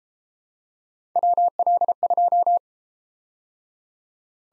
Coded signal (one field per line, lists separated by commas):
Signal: Morse code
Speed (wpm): 30 wpm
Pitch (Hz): 700 Hz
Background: none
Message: WL2